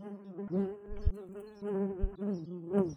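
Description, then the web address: Brown-banded carder bee humming with a low, continuous drone that swells and dips in loudness, with brief low thumps. Workers. "Humilis workers"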